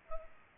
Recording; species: mosquito wingbeat signal from an infrared sensor; Culex pipiens